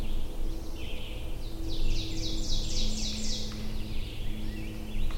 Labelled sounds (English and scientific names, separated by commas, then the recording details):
Ovenbird (Seiurus aurocapilla) song
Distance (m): 60 m
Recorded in boreal forest in Alberta, Canada, on 22 June 2016 at 07:54
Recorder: SongMeter 3, array SBT-6-76
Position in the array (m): 154 m, 120 m
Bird 3